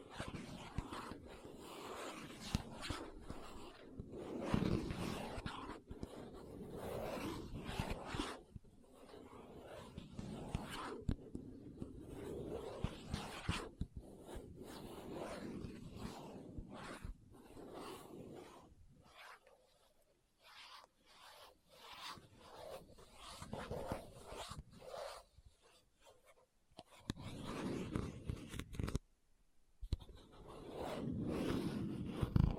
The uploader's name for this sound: ASMR What's In My Bag (No Talking)